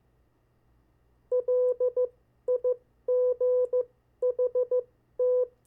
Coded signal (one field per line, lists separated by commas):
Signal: Morse code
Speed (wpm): 15 wpm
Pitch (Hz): 500 Hz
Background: none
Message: LIGHT